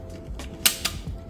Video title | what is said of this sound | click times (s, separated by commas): Another BMW... Another Coolant Leak | Mate, didn't hear that? Confirmation clunk. | 0.7 s